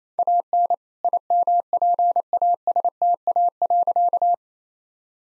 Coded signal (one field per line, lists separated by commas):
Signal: Morse code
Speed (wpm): 28 wpm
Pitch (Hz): 700 Hz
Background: none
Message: AN IMPASTA.